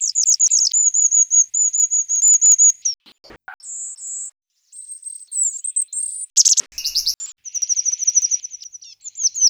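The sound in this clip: Bird singing long, very high trilled whistles broken by short sharp notes and a few buzzy bursts, pausing briefly near the middle before resuming.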